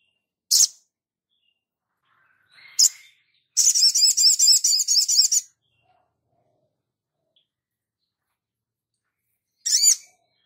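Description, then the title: Spiderhunter song: a sharp chip, a short note, then a quick series of repeated high looping notes for two seconds, ending with another sharp chip. Masteran (training recording for cage birds), Labaik variant. "Masteran Burung Sogok Ontong Labaik"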